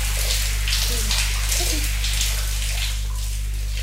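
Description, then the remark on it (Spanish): A shower runs steadily as someone bathes, a dense hiss of falling water with scattered droplet splashes over a low, constant hum, with no one talking. “Qué rica esta ducha, ¿va?”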